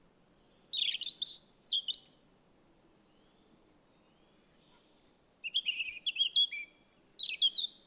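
Robin song: two bursts of thin, high, warbling and trilling phrases with quick pitch jumps, separated by about three seconds of quiet; faint low background hum.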